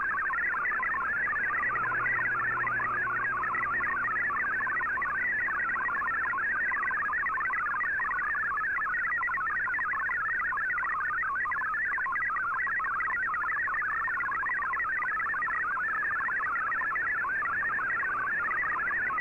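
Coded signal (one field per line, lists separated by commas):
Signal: multi-tone FSK (Olivia or MFSK type)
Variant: MFSK32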